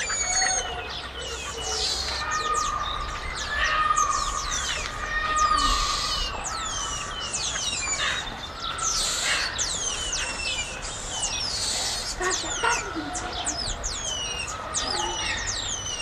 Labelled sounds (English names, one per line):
Cottontop Tamarin call